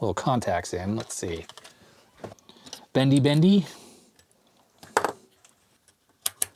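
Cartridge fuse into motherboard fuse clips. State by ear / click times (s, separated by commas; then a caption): seated / 6.3 s, 6.4 s. Someone talks while bending the loose fuse holder contacts on a C64 motherboard, with small scraping and tapping sounds. A glass cartridge fuse is then pressed into the metal fuse clips, giving two sharp clicks at 6.3 s and 6.4 s as each end snaps in, and the fuse is seated.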